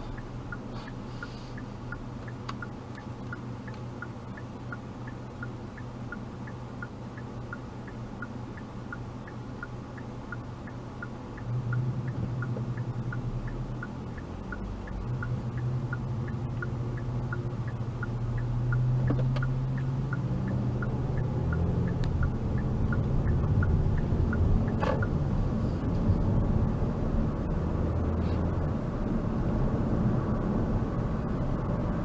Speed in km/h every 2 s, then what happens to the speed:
0, 0, 0, 0, 0, 0, 0, 0, 6, 6, 15, 19, 26, 35, 45, 50.
0-15 standing. 15-32 pulls away to 50.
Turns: 19-24.